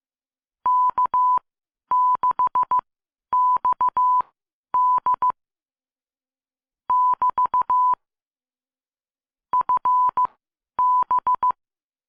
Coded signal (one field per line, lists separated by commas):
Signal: Morse code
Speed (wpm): 16 wpm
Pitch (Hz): 1000 Hz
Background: none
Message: K6XD <BT> FB